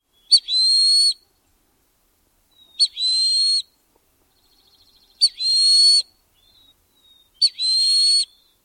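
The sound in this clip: Broad-winged hawk calling: a short sharp note, then a long, thin, high whistle, repeated four times about every two and a half seconds against a quiet background.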